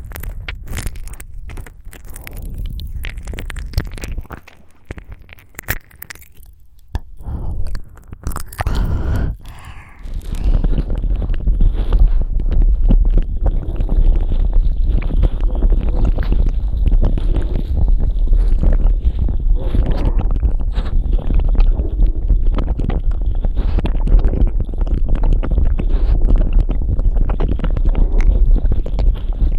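Ear-eating mouth sounds: for the first ten seconds, scattered wet clicks and smacks come with short gaps between them. Around ten seconds it turns into a dense, continuous stream of squelching, rumbling mouth noise with a heavy low end that stays steady to the end.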